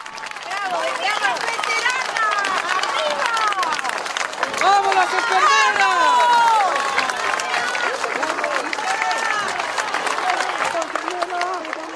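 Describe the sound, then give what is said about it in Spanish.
A crowd applauds steadily while many voices shout and cheer over the clapping, a loud, continuous wash of noise with rising and falling yells throughout, as women veterans march past in a 9 July parade and people shout "Argentina". “Y escucha a la gente, así las reciben a su paso, aplauden, gritan, les estiran las manos, los brazos, le gritan Argentina, el nombre de la patria que muchos varoncitos con medallas dicen defender.”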